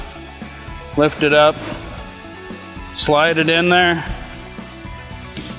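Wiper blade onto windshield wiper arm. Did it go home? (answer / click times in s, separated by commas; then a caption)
yes / 5.4 s. Someone talks while a windshield wiper blade is slid back onto the wiper arm hook and pushed home. A sharp snap is heard at 5.4 s as the blade seats onto the arm.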